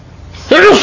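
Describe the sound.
A single loud sneeze bursts out suddenly after a stretch of quiet, a sharp breathy blast carrying a brief voiced, pitched edge.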